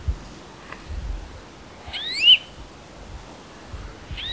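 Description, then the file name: European greenfinch call, a brief burst of whistled notes with a bright high element, and another starting at the end, over a quiet background. "Chloris chloris"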